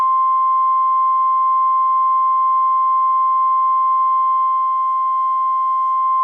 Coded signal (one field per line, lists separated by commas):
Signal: Emergency Alert System (SAME) tones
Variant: 1050 Hz attention tone